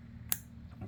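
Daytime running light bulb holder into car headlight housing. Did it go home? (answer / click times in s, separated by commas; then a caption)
yes / 0.3 s. The daytime running light bulb holder, carrying a halogen bulb, is slid back into the headlight housing of a 2011 Hyundai Elantra. One sharp, brief click is heard at 0.3 s as it seats, followed by a faint soft sound near 0.8 s. The holder is confirmed clicked into place.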